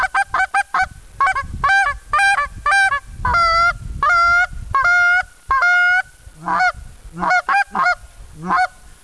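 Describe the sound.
Goose greeting calls: quick honks at first, then longer, drawn-out nasal honks in the middle, ending with clipped, rougher calls; low background rumble.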